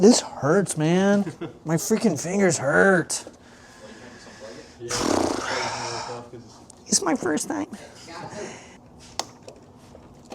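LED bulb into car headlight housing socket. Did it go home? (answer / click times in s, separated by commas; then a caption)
yes / 9.2 s. An LED daytime running light bulb (AUXITO) is twisted by hand into its socket in the headlight housing of an Evo X while someone talks, with soft rustling and handling noise in between. A sharp click at 9.2 s marks the bulb locking into place, and it is seated.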